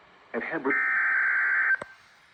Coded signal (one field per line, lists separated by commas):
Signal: Emergency Alert System (SAME) tones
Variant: header bursts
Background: speech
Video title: EAS - Required Weekly Test and Severe Thunderstorm Warnings - 05/01/2024 to 05/05/2024